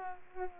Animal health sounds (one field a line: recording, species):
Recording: mosquito wingbeat signal from an infrared sensor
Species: Aedes albopictus